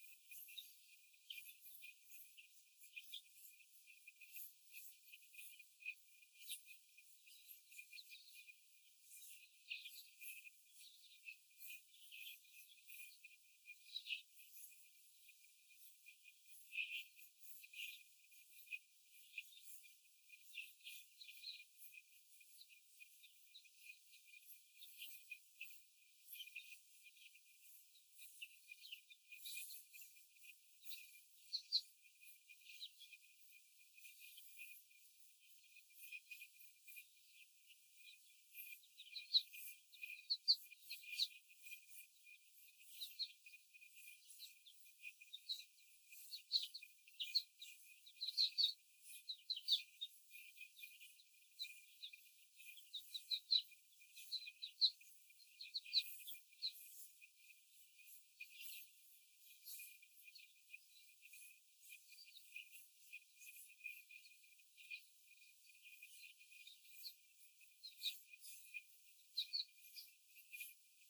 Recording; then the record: young laying hens in a cage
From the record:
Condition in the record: before the stressor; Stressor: simulated dog barking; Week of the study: 4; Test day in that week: 1